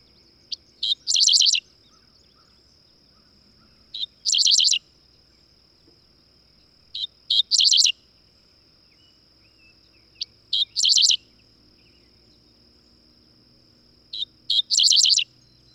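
Bird song: short, very high buzzy bursts in quick clusters, repeated roughly every three seconds, over a thin steady high-pitched whine.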